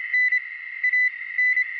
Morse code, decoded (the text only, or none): N A N